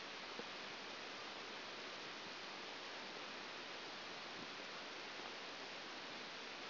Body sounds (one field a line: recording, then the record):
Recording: brain microelectrode recording played as sound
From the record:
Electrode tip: outside the subthalamic nucleus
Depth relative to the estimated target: -6 mm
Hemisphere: right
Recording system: AlphaMap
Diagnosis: Parkinson's disease